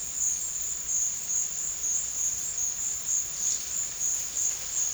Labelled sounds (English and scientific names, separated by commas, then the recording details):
none
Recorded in dense forest near Puerto Asís, Putumayo, Colombia, on 8 March 2025 at 15:30
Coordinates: 0.484, -76.317
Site G064